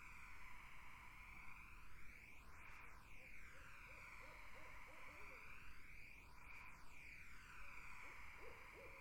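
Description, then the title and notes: Barred owl hooting, a rapid run of low, throaty hoots in the middle and a few more at the end, half-buried under a constant swirling, phasing wash of processed background noise. Barred owls in a summer wetland. "Barred Owls in a Summer Wetland. The Wild Life"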